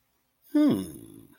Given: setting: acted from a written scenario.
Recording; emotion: vocal sound without words; pride